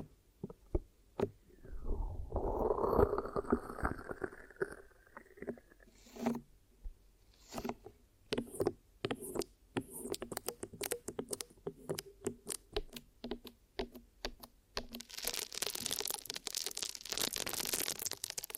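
Ear massage and cleaning sounds: a rising, rubbing swish builds around the second to fifth seconds, then gives way to a rapid series of sharp clicks and taps. From about fifteen seconds a bright, steady hissing scratch takes over until the end.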